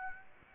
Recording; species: mosquito wingbeat signal from an infrared sensor; Aedes aegypti